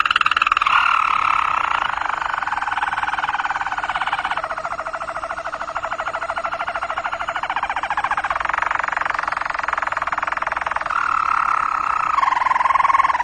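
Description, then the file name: Roller canary song: an unbroken, rattling rolled trill that shifts between lower and higher tours over about thirteen seconds. "kenariroller omkicau"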